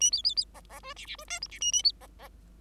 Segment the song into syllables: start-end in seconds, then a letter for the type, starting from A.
0.00-0.11 A, 0.12-0.22 B, 0.24-0.35 B, 0.36-0.45 B, 0.54-0.60 C, 0.69-0.80 C, 0.83-0.93 D, 0.96-1.06 E, 1.06-1.16 E, 1.18-1.25 D, 1.27-1.39 F, 1.41-1.47 G, 1.49-1.59 E, 1.60-1.72 A, 1.72-1.82 A, 1.83-1.92 B, 2.00-2.07 C, 2.18-2.28 C